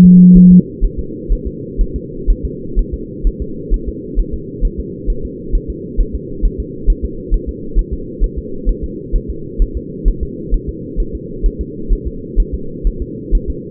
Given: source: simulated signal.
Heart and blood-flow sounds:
fetal heart sounds
0.05 s: S2
0.37 s: S1
0.52 s: S2
0.84 s: S1
0.99 s: S2
1.33 s: S1
1.47 s: S2
1.81 s: S1
1.96 s: S2
2.30 s: S1
2.45 s: S2
2.79 s: S1
2.94 s: S2
3.27 s: S1
3.42 s: S2
3.74 s: S1
3.89 s: S2
4.19 s: S1
4.34 s: S2
4.65 s: S1
4.80 s: S2
5.10 s: S1
5.25 s: S2
5.55 s: S1
5.70 s: S2
6.00 s: S1
6.15 s: S2
6.45 s: S1
6.60 s: S2
6.90 s: S1
7.05 s: S2
7.34 s: S1
7.49 s: S2
7.79 s: S1
7.94 s: S2
8.24 s: S1
8.39 s: S2
8.69 s: S1
8.84 s: S2
9.16 s: S1
9.30 s: S2
9.62 s: S1
9.77 s: S2
10.08 s: S1
10.23 s: S2
10.54 s: S1
10.69 s: S2
11.00 s: S1
11.15 s: S2
11.46 s: S1
11.61 s: S2
11.93 s: S1
12.07 s: S2
12.40 s: S1
12.55 s: S2
12.87 s: S1
13.02 s: S2
13.35 s: S1
13.50 s: S2
From the record:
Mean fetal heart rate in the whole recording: 130 bpm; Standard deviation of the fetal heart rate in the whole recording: 4 bpm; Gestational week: 38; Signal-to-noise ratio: -4.3 dB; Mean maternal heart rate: 72 bpm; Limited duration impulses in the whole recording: present

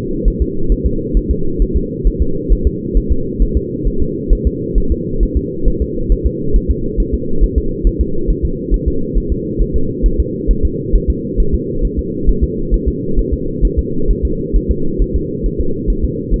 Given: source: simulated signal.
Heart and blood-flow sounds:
fetal heart sounds
0.28 s: S1
0.42 s: S2
0.72 s: S1
0.86 s: S2
1.17 s: S1
1.31 s: S2
1.62 s: S1
1.76 s: S2
2.07 s: S1
2.22 s: S2
2.52 s: S1
2.67 s: S2
2.97 s: S1
3.12 s: S2
3.42 s: S1
3.57 s: S2
3.87 s: S1
4.02 s: S2
4.33 s: S1
4.47 s: S2
4.78 s: S1
4.92 s: S2
5.23 s: S1
5.37 s: S2
5.68 s: S1
5.82 s: S2
6.12 s: S1
6.26 s: S2
6.56 s: S1
6.71 s: S2
7.00 s: S1
7.14 s: S2
7.44 s: S1
7.58 s: S2
7.87 s: S1
8.01 s: S2
8.30 s: S1
8.45 s: S2
8.74 s: S1
8.88 s: S2
9.18 s: S1
9.32 s: S2
9.62 s: S1
9.76 s: S2
10.06 s: S1
10.20 s: S2
10.51 s: S1
10.65 s: S2
10.95 s: S1
11.10 s: S2
11.40 s: S1
11.54 s: S2
11.85 s: S1
11.99 s: S2
12.29 s: S1
12.44 s: S2
12.74 s: S1
12.88 s: S2
13.19 s: S1
13.34 s: S2
13.65 s: S1
13.79 s: S2
14.11 s: S1
14.25 s: S2
14.56 s: S1
14.71 s: S2
15.02 s: S1
15.16 s: S2
15.46 s: S1
15.60 s: S2
15.90 s: S1
16.04 s: S2
16.34 s: S1
From the record:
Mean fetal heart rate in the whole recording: 135 bpm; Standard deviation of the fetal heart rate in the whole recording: 3 bpm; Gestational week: 36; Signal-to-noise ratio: -8.1 dB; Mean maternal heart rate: 72 bpm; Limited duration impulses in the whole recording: absent

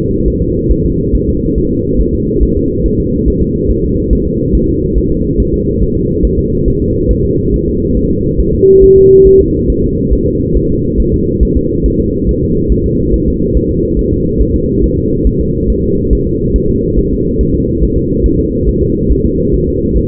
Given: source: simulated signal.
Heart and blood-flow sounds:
fetal heart sounds
0.28 s: S1
0.42 s: S2
0.72 s: S1
0.86 s: S2
1.15 s: S1
1.29 s: S2
1.58 s: S1
1.72 s: S2
2.01 s: S1
2.15 s: S2
2.43 s: S1
2.57 s: S2
2.86 s: S1
3.00 s: S2
3.28 s: S1
3.42 s: S2
3.71 s: S1
3.85 s: S2
4.13 s: S1
4.27 s: S2
4.55 s: S1
4.69 s: S2
4.98 s: S1
5.12 s: S2
5.40 s: S1
5.54 s: S2
5.83 s: S1
5.97 s: S2
6.25 s: S1
6.39 s: S2
6.68 s: S1
6.82 s: S2
7.11 s: S1
7.25 s: S2
7.54 s: S1
7.68 s: S2
7.97 s: S1
8.11 s: S2
8.40 s: S1
8.55 s: S2
8.84 s: S1
8.98 s: S2
9.27 s: S1
9.41 s: S2
9.70 s: S1
9.84 s: S2
10.13 s: S1
10.27 s: S2
10.57 s: S1
10.71 s: S2
11.00 s: S1
11.14 s: S2
11.43 s: S1
11.57 s: S2
11.86 s: S1
12.00 s: S2
12.29 s: S1
12.43 s: S2
12.72 s: S1
12.86 s: S2
13.14 s: S1
13.28 s: S2
13.57 s: S1
13.71 s: S2
13.99 s: S1
14.13 s: S2
14.42 s: S1
14.56 s: S2
14.84 s: S1
14.98 s: S2
15.27 s: S1
15.41 s: S2
15.70 s: S1
15.84 s: S2
16.13 s: S1
16.27 s: S2
16.56 s: S1
16.70 s: S2
16.99 s: S1
17.13 s: S2
17.41 s: S1
17.55 s: S2
17.84 s: S1
17.97 s: S2
18.26 s: S1
18.40 s: S2
18.69 s: S1
18.83 s: S2
19.12 s: S1
19.26 s: S2
19.55 s: S1
19.69 s: S2
19.97 s: S1
From the record:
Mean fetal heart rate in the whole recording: 140 bpm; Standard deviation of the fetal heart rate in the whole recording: 2 bpm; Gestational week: 34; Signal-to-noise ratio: -14.7 dB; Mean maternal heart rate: 72 bpm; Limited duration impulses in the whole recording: present

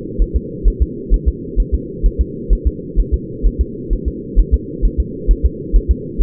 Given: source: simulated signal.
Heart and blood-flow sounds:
fetal heart sounds
0.22 s: S1
0.36 s: S2
0.68 s: S1
0.82 s: S2
1.14 s: S1
1.28 s: S2
1.60 s: S1
1.75 s: S2
2.06 s: S1
2.21 s: S2
2.53 s: S1
2.67 s: S2
3.00 s: S1
3.14 s: S2
3.46 s: S1
3.61 s: S2
3.93 s: S1
4.08 s: S2
4.39 s: S1
4.54 s: S2
4.85 s: S1
5.00 s: S2
5.31 s: S1
5.45 s: S2
5.76 s: S1
5.91 s: S2
6.22 s: S1
From the record:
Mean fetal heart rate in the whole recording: 130 bpm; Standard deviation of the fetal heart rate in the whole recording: 2 bpm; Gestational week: 36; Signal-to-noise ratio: -4.1 dB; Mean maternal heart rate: no maternal heart sound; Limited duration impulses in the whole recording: absent

